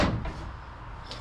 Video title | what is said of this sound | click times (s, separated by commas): F350 Fifth Wheel Tailgate Repair | locks in place | 1.1 s